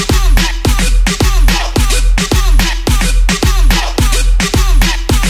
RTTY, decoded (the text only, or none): none